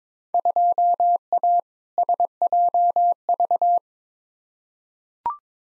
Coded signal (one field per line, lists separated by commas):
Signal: Morse code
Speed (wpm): 22 wpm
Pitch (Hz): 700 Hz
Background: none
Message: 2A SJV